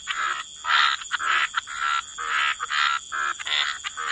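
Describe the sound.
Frog chorus of overlapping croaking calls in bursts, dense and irregular, with a steady high-pitched hiss running underneath.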